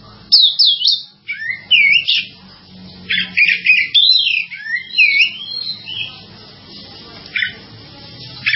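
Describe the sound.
Bird song: quick, varied high twittering and whistled notes in irregular runs, then a few isolated chirps near the end.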